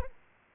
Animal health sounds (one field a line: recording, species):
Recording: mosquito wingbeat signal from an infrared sensor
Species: Aedes aegypti